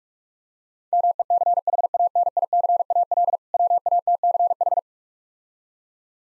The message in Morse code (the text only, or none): MECHANICAL WATCH